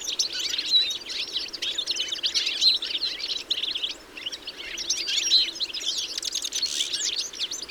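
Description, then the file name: European goldfinch giving continuous tinkling and buzzy chirps that dip briefly near the middle before swelling again. "Carduelis carduelis"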